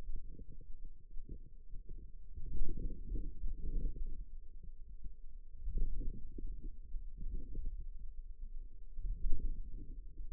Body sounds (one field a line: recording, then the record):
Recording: forearm muscle sounds (acoustic myography)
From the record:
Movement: outward rotation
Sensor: system 2, bracelet of six BSWA MPA416 microphones around the upper forearm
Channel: 4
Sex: female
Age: 21 years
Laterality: right